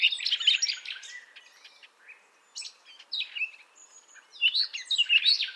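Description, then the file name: Common nightingale singing loud, varied phrases of sharp chirps, trills and whistles, a short pause midway, then another vigorous burst. "Luscinia megarhynchos"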